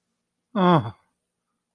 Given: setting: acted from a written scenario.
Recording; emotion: vocal sound without words; disappointment